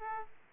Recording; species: mosquito wingbeat signal from an infrared sensor; Aedes aegypti